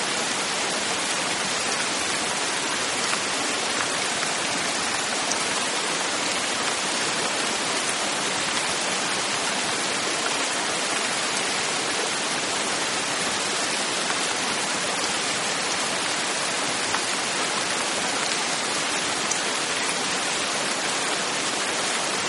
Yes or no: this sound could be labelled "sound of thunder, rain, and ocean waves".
yes